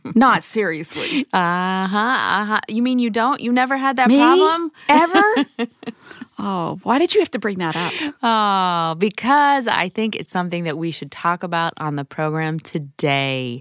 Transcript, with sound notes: Not seriously!
Uh-huhh. You mean you don’t? You never had that problem?
Me?! Ever? [laughs] Oh, why did you have to bring that up?!
Because I think it’s something that we should talk about on the program today.